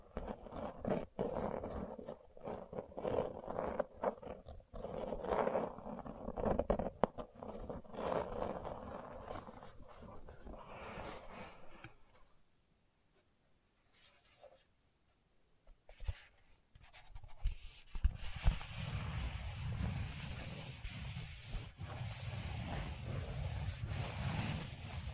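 Gentle scratching fills the first twelve seconds as a dense run of quick, rough strokes with a low rumbling undertone. It drops to near silence from about twelve to seventeen seconds, then resumes as a steadier, smoother rustling with a deeper hum through the end.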